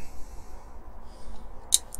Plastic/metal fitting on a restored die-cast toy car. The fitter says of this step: nice little click